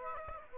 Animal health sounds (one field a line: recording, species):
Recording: mosquito wingbeat signal from an infrared sensor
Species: Aedes aegypti